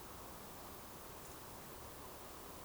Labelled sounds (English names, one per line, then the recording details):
Eurasian Woodcock whistle
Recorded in Baden-Württemberg, Germany, on 12 June 2020 at 20:28 UTC
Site 43791, 788 m above sea level